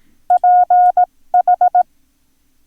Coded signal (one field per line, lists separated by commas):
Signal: Morse code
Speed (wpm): 18 wpm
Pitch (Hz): 720 Hz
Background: none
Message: PH